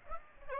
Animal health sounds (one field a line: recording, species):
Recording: mosquito wingbeat signal from an infrared sensor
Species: Aedes aegypti